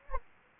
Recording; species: mosquito wingbeat signal from an infrared sensor; Anopheles gambiae